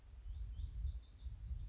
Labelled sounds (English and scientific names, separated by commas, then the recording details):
Lazuli Bunting (Passerina amoena)
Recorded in Sonoma County, California